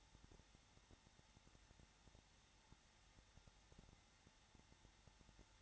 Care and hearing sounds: daily activity, microphone in the room; no activity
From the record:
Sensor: 3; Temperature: 21.3 degrees Celsius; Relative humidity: 33.3%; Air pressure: 994.5 hPa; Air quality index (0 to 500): 168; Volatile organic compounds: 3 ppm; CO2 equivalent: 1461 ppm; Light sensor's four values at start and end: 2/3/2/2 and 2/3/2/2

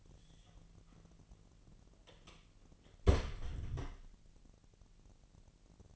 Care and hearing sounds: daily activity, microphone in the room; close door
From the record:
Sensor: 4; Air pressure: 1002.2 hPa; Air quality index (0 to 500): 248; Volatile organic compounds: 41 ppm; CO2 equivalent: 3170 ppm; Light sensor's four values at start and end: 9/20/8/7 and 10/21/8/8

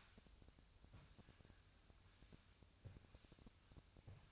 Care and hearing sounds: daily activity, microphone in the room; sweep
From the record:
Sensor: 2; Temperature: 24.9 degrees Celsius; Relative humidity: 39.7%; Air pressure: 1001.5 hPa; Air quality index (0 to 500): 227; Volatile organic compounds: 26 ppm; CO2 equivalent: 2852 ppm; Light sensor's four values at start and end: 8/27/10/10 and 8/27/10/10

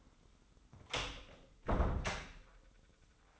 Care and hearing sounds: daily activity, microphone in the room; close door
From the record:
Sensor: 3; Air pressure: 996.1 hPa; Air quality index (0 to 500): 64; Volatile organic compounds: 3 ppm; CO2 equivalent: 1478 ppm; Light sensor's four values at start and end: 14/33/14/14 and 14/33/14/14

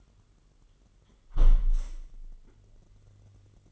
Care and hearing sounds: daily activity, microphone in the room; close window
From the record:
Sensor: 4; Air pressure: 999.4 hPa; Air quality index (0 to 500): 128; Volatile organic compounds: 2 ppm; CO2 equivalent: 1263 ppm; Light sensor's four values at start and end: 18/45/18/21 and 18/45/18/20

